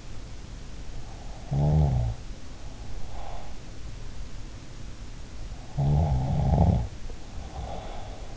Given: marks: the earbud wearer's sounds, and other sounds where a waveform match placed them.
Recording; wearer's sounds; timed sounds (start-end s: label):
sounds in sleep by an in-ear microphone; snoring breath
1.23-3.49 s: snoring breath
5.66-8.37 s: snoring breath